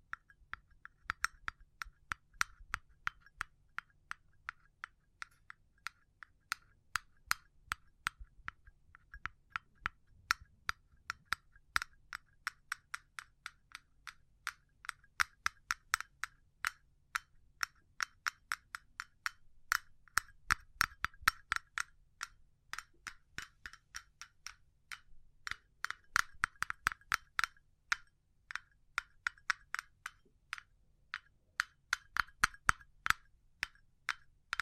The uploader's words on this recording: ASMR Pure Tapping Fast and Slow (No Talking).